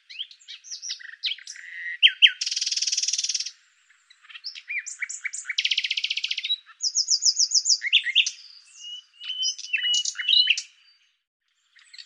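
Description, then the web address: Bird song in rapid, varied phrases: quick chirps, two loud buzzy trills and a run of sharp repeated notes, separated by short pauses. "Deverinetal 2025"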